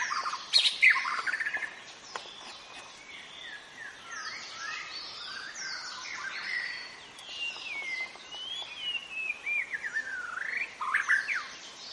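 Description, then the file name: White-rumped shama song of sweeping whistles and a long falling run of notes, set among busy chirping from many other birds. Forest. "suara muraibatu hutan omkicau"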